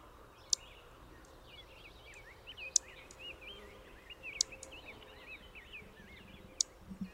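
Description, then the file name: Savannah sparrow giving sharp, brief chip notes about every two seconds, set against softer squiggly twittering and a low background hiss. Chip notes, recorded 22 June 2001. "2001-06-22 Savannah Sp Chip Notes"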